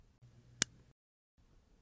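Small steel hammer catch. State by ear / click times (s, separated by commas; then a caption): seated / 0.6 s. The steel hammer of an NAA Sidewinder mini revolver is pulled back about an eighth of an inch until it catches in the half-cock notch of the frame, giving a single sharp, short click at 0.6 s. A faint low rumble runs underneath before and after the click, then a brief silence, then faint low noise returns near the end. The hammer is seated in half-cock.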